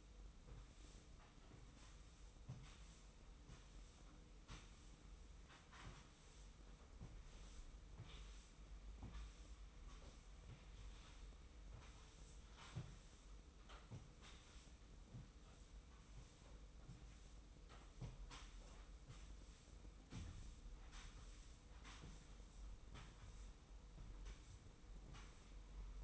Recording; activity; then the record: daily activity, microphone in the room; sweep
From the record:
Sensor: 1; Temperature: 25.3 degrees Celsius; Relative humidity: 44.0%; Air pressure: 990.5 hPa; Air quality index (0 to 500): 177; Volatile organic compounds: 1000 ppm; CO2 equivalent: 6527 ppm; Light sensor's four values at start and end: 28/66/28/31 and 28/65/28/30